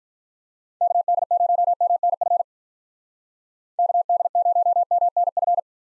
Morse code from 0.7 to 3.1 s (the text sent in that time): KD0MNF